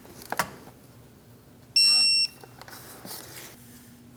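A torque wrench tightens the crankshaft position sensor bolt into the engine block of a 2016-2025 Chevrolet Malibu 1.5L L4 to 10 Nm (7.4 ft-lb), reaching its setting with a sharp click at 0.4 s. A steady high-pitched beep follows from about 1.8 to 2.2 s over faint background noise.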